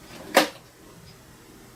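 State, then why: Seated. A plastic/metal bobbin is popped onto a sewing machine's bobbin-winder spindle and pushed over into winding position. One short, bright click sounds at 0.4 s against quiet background noise. The bobbin winder locks in place.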